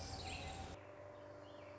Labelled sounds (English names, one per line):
Orange-crowned Warbler